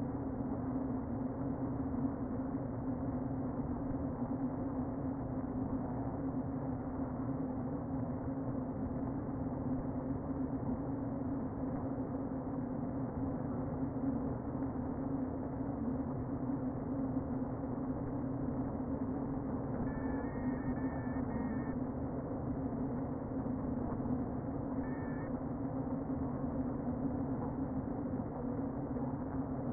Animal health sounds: honeybee colony, microphone inside the hive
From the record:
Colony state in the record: queen present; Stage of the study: before two queens were removed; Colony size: about 60,000 bees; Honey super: yes

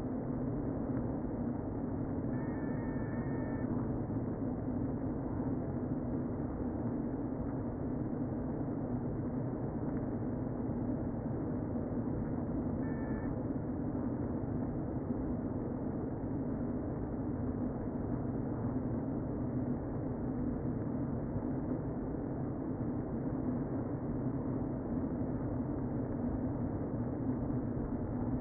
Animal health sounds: honeybee colony, microphone inside the hive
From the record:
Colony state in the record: queen present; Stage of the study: before two queens were removed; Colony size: about 60,000 bees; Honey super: yes

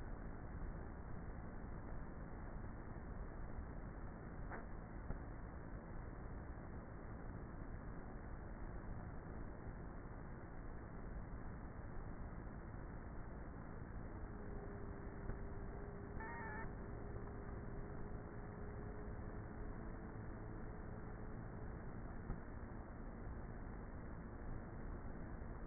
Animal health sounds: honeybee colony, microphone inside the hive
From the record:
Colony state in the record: queenless with a low population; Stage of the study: before two queens were removed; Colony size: about 30,000 bees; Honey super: no

